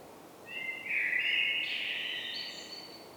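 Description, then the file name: Common blackbird singing one mellow fluted phrase that climbs in steps and ends in a thin, high twittering flourish, over steady background hiss. "Turdus merula"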